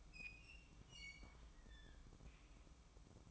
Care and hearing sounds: daily activity, microphone in the room; open fridge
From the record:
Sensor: 1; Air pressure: 1007.7 hPa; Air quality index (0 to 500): 81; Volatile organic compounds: 1 ppm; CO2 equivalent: 697 ppm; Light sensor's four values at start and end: 13/31/13/14 and 13/30/12/14

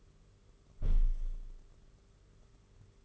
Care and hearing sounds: daily activity, microphone in the room; close window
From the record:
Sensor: 4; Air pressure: 991.2 hPa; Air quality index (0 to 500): 153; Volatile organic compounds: 105 ppm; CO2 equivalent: 3788 ppm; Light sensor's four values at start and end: 6/15/6/6 and 6/14/5/6

